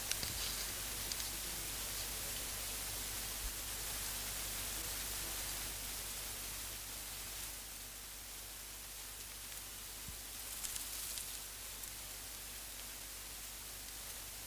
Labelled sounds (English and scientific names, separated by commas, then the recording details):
Reindeer (Rangifer tarandus)
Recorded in captivity
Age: adult
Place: Tiergarten Nürnberg, Bayern, DE
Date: 1998-11-12 17:45
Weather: overcast, ca. 2-3°C
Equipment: Sony MD-WM MZ-R3, Sennheiser MKH 416 T, Kopie Uher 4000 Report Monitor
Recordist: Tembrock, Günter
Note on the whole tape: Gelenkgeräusche beim Laufen